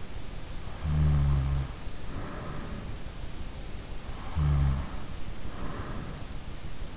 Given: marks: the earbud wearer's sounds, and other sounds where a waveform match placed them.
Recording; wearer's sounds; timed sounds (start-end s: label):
sounds in sleep by an in-ear microphone; snoring breath
0.81-2.69 s: snoring breath
4.30-6.12 s: snoring breath